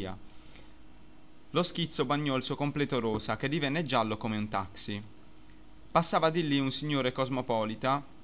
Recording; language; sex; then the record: read passage; Italian; male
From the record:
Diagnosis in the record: healthy control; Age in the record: 21 years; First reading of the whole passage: 44 s, 11.7 characters per second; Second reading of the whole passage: 44 s, 11.8 characters per second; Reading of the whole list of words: 49 s, 5.8 characters per second